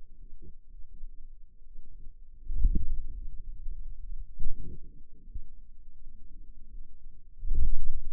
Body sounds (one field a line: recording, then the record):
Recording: forearm muscle sounds (acoustic myography)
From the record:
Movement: ulnar deviation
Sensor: system 2, bracelet of six BSWA MPA416 microphones around the upper forearm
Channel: 5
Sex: female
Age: 23 years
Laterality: right